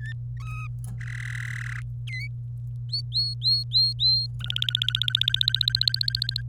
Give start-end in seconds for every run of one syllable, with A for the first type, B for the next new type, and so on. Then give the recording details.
0.00-0.13 A, 0.41-0.67 B, 1.01-1.79 C, 2.06-2.27 D, 2.89-4.27 E, 4.40-6.41 F. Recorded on 25 April 2018 at 16:18. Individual llb3